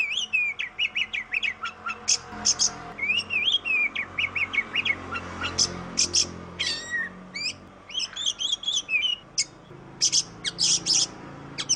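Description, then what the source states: Oriental magpie-robin song, a varied run of sharp high whistles, rising slurs and fast buzzy trills, with short bursts separated by brief pauses and a faint low hum beneath. Singing style called tembakan; masteran (song-training track for songbirds).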